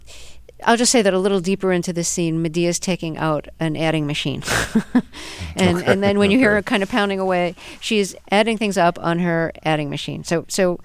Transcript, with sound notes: I'll just say that a little deeper into the scene, Madea is taking out an adding machine.
(LAUGHTER)
OK. OK.
...and then when you hear her kind of pounding away, she is adding things up on her adding machine.